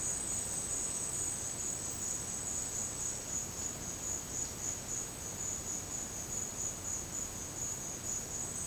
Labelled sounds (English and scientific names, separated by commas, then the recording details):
none
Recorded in secondary vegetation near Puerto Asís, Putumayo, Colombia, on 22 June 2025 at 11:00
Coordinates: 0.484, -76.319
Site G074